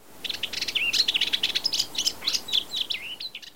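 Rüppell's warbler song: a fast, continuous, scratchy, chattering warble of high notes mixed with short whistled slurs, running for over three seconds.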